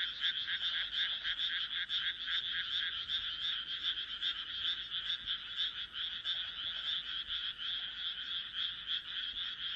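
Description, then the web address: Frog chorus of many overlapping callers, fast pulsed croaks blending into an unbroken, buzzy drone. "kaeru kaeru"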